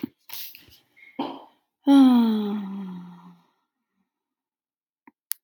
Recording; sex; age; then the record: vowel held as long as possible; female; 30 to 39 years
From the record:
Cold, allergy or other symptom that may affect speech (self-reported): no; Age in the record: 37 years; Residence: Florida, United States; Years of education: 16